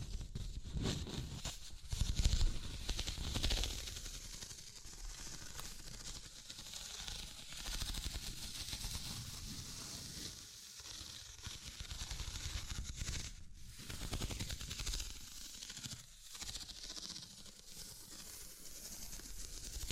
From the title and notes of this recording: ASMR Simple But Effective Tapping, Scratching, Tracing and Panning (No Talking).